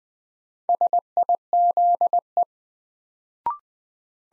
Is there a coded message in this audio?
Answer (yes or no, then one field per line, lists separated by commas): yes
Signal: Morse code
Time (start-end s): 0.7-2.4 s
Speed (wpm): 21 wpm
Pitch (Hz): 700 Hz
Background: none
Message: SIZE